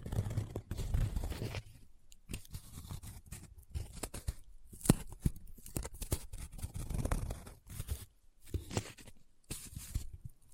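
Paper is handled up close, crinkling, rubbing and scratching in an irregular run of bursts with brief gaps between them. Sharper crisp crackles stand out near 5, 8 and 10 seconds over softer low rustling and scraping throughout.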